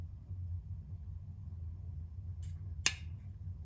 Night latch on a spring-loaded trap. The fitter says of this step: so I'll pull this down till I hear it click